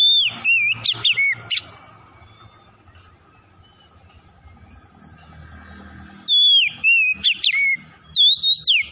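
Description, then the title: Oriental magpie-robin giving rapid bursts of loud sliding whistles and sharp notes, a long quiet gap, then more energetic whistled phrases toward the end. Tretes variety; singing vigorously (gacor). "Kacer Tretes"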